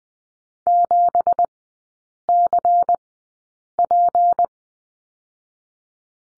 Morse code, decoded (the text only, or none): 7CP